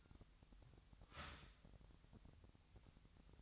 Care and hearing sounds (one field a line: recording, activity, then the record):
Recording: daily activity, microphone in the room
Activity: start toaster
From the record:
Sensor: 3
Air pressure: 1001.9 hPa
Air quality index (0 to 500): 245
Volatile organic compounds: 48 ppm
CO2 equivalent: 3275 ppm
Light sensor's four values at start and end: 14/41/18/15 and 14/41/18/15